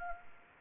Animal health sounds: mosquito wingbeat signal from an infrared sensor; Anopheles gambiae

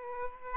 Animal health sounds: mosquito wingbeat signal from an infrared sensor; Aedes aegypti

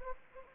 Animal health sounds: mosquito wingbeat signal from an infrared sensor; Anopheles arabiensis

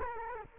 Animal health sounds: mosquito wingbeat signal from an infrared sensor; Culex quinquefasciatus

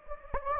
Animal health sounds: mosquito wingbeat signal from an infrared sensor; Anopheles gambiae

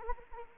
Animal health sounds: mosquito wingbeat signal from an infrared sensor; Anopheles arabiensis

